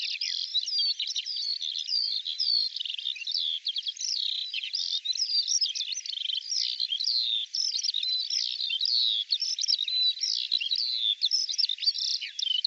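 Bird calls: a dense, unbroken chatter of high twittering and chirping notes that overlap rapidly throughout, with no other sounds.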